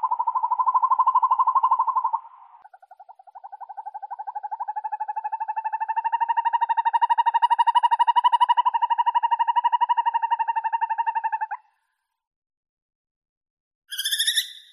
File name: Krik sovy - YAstrebinaya sova